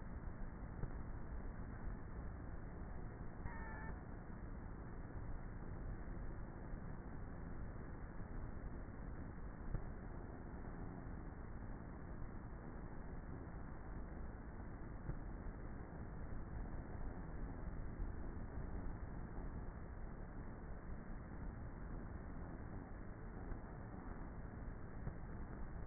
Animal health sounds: honeybee colony, microphone inside the hive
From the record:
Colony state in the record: queenless with a low population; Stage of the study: before two queens were removed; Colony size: about 30,000 bees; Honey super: no

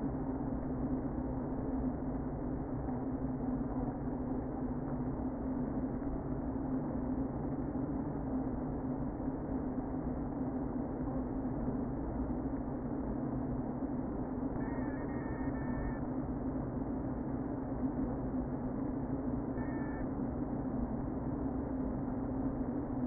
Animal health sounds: honeybee colony, microphone inside the hive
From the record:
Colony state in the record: queen present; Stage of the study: before two queens were removed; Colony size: about 60,000 bees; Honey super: yes

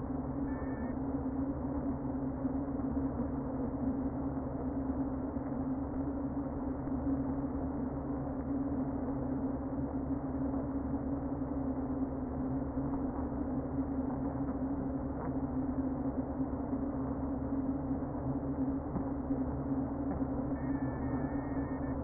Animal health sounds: honeybee colony, microphone inside the hive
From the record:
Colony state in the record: queen present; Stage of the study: before two queens were removed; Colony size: about 60,000 bees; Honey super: yes

